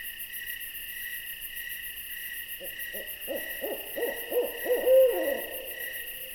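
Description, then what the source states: Owl giving a string of short hoots, growing louder and ending in a longer sliding note. An owl visiting.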